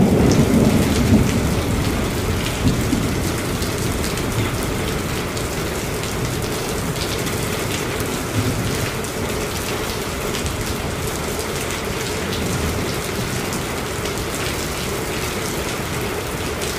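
Rain pelts steadily on a garage roof, a dense, even patter of countless small drops that never lets up. A low rumble sits underneath throughout, slightly stronger in the first second or two, and the level stays constant across the whole stretch.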